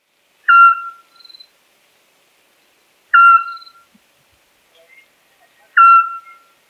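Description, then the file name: Eurasian scops owl giving short whistled notes that flare then settle into a steady mellow tone, repeated about every two and a half seconds; faint soft chirps between calls. "Golosa ptic i zverei - Sovka-spliushka"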